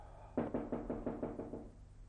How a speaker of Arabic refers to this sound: سيمون ينقر على الباب مرة أو مرتين في البداية دون أن يتنبه الشاعر لوجوده